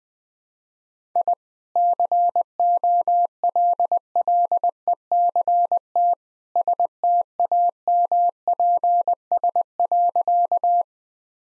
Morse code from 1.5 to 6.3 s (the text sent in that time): COLLECT